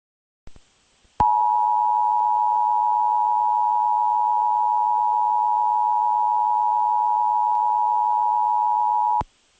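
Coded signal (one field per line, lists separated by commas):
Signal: Emergency Alert System (SAME) tones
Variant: 853 and 960 Hz attention tone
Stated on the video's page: Real EAS tones for a severe thunderstorm warning, captured from KBNL-FM and WXK26.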